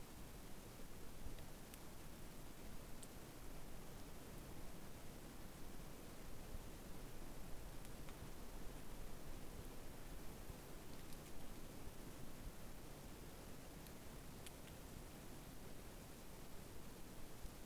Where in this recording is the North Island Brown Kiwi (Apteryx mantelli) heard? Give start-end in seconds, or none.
none